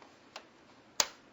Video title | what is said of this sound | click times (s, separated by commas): Replace Back Cover - TouchSmart IQ500 - HP Support | Replace the optical drive panel cover. To do so, align its tabs into the notches on the system and snap into place. | 1.0 s